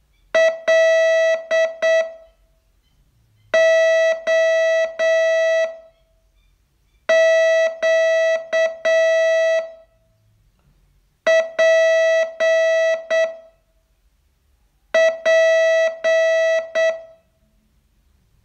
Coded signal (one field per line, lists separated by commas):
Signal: Morse code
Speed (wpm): 8 wpm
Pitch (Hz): 650 Hz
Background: none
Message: LOQPP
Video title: Learn Morse in 42 Days from VU2LAU - day 30